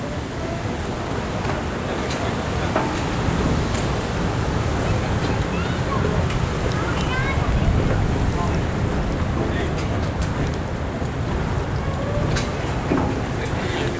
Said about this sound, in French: Ambiance, waouh. Un petit vent canadien passe entre vos oreilles.